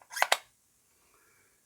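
The chuck attachment of an xTool RA3 laser rotary tool is pushed onto its power module, making two sharp snaps close together at 0.2 s and 0.3 s, followed by near silence. The chuck seats in the power module.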